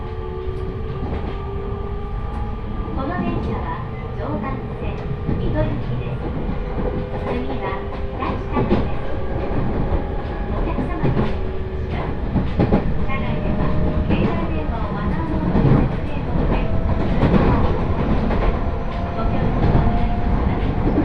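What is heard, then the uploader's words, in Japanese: A ride aboard a Joban Line train between Minaminakago and Katsuta, with a steady low rumble of the running train filling the whole clip. Sustained whining tones drift in pitch, frequent clacks and knocks punctuate the noise, and the sound grows slightly louder toward the end. 鉄道旅 常磐線 南中郷→勝田。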